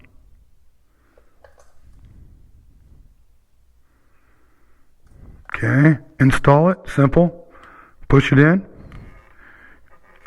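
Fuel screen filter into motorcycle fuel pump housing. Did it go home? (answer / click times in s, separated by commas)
partly / 9.0 s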